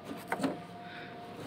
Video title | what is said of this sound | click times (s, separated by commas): Belajar dari nol langsung di jalan raya,#MasYusril | keselamatan website masukkan sampai klik Eta he sebelum | 0.3 s